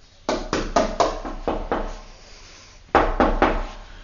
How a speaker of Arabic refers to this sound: انظر من يطرق الباب يا فيروز